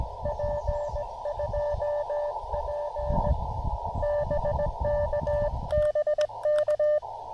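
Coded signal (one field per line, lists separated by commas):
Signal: Morse code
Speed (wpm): 20 wpm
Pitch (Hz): 590 Hz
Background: radio noise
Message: P2P BK BK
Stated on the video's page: Real-time QRP CW Parks on the Air activation with an Elecraft KX2, KXPD2 paddles and a homebrew 40m end-fed half-wave antenna.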